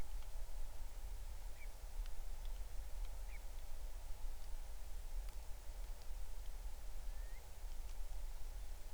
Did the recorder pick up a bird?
yes